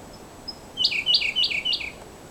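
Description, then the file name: Siberian blue robin song, a faint high whistle then four quick paired notes stepping downward in a brisk rattling phrase. "L cyana-song"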